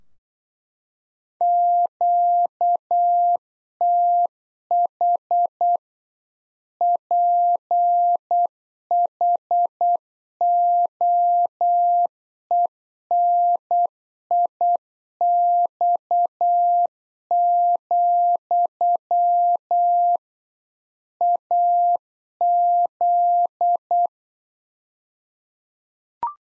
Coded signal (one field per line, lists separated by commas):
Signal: Morse code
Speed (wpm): 8 wpm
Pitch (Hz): 700 Hz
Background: none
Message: QTH PHOENIX, AZ